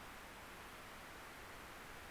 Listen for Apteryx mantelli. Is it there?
no